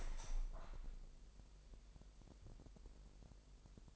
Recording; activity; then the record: daily activity, microphone in the room; open window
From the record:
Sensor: 5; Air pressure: 1000.4 hPa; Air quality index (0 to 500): 250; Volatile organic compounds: 36 ppm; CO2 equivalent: 3075 ppm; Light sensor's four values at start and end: 33/77/31/29 and 34/78/31/29